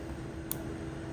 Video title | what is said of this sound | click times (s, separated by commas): Replacing the Passenger Side License Plate Light on a Jeep Renegade. | And you have to hear that click. Once you hear that click, it's locked into place. | 0.5 s